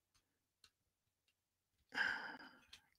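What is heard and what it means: Someone handles and lines up the plastic connecting bar that joins two pieces of a transforming toy figure, with a few faint plastic ticks, including one at 0.6 s. A breathy, sigh-like rush of sound follows from about 1.9 to 2.7 s and ends with another small tick at 2.7 s. The bar has not clicked or seated yet.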